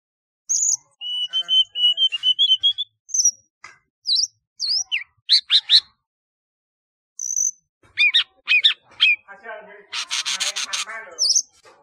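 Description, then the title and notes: Flycatcher song, a lively run of high chirps, slurred whistles and sharp flicked notes, with a long buzzy trill near the end. "Kicau Burung Sikatan"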